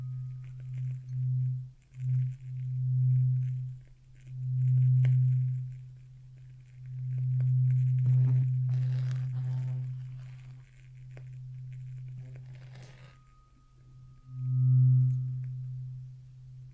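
Ear cleaning with a low droning hum that swells and fades in waves, broken by crackly scraping bursts around eight and thirteen seconds.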